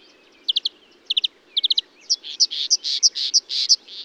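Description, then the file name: Marsh warbler song: quick clusters of a few sharp chips, then a rapid run of louder buzzy, grating notes. Recorded at Bonnevaux on 31 May 2009 at 05:35. "Rousserolle verderolle 20090531 0535 25 Bonnevaux"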